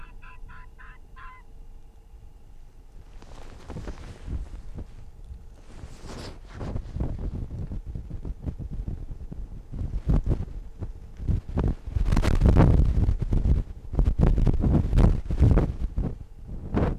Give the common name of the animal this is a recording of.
Arctic Fox